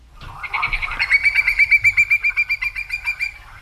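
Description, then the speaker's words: Hudsonian whimbrel calling a rapid, even trill of many clear whistled notes at a steady pitch, fading at the end. Migratory shorebird in decline. "That is the call of a whimbrel, and if it sounds familiar, don't be surprised if you see shorebird scientists mulling around your backyard or trudging through your local salt marsh next week."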